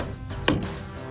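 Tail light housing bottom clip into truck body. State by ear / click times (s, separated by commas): seated / 0.5 s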